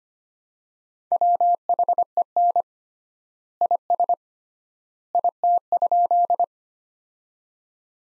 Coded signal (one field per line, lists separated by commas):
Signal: Morse code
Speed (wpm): 25 wpm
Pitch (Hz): 700 Hz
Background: none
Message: WHEN IS IT?